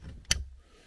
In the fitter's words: Here's that click again.